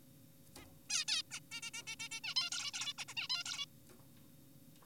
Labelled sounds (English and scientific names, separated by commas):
Zebra Finch (Taeniopygia guttata)